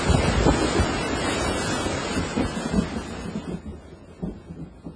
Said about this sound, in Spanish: Empezó a llover nomás para que me empapara y duró 3 pinches minutitos.